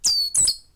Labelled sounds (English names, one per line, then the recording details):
Stitchbird song
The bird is a male
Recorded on Tiritiri Matangi Island, New Zealand, in 2005
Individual 2, of nest box 2